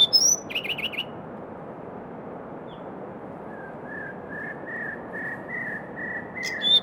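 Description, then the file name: Firethroat song fragments: a brief burst of high, buzzy notes at the start and again at the end, with a faint series of tonal notes in between over background noise. "firethroat -Calliope-pectardens"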